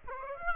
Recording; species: mosquito wingbeat signal from an infrared sensor; Aedes aegypti